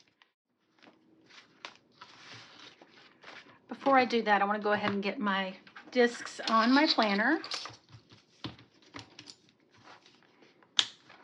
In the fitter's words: and they just snap right in